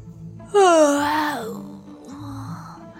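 A voice imitates the yawn of the child character Xiaosizi: one loud, drawn-out vocal yawn sliding downward in pitch for about a second, then trailing into a quieter murmuring voice.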